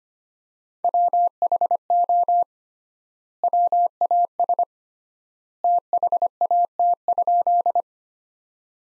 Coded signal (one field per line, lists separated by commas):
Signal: Morse code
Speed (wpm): 25 wpm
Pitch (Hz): 700 Hz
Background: none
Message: WHO WAS THAT?